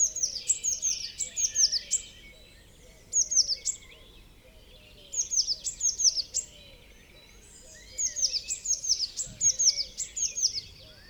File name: Cyanistes caeruleus